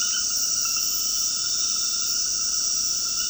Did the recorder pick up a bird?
no